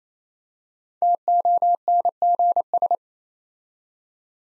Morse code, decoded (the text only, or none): TONGS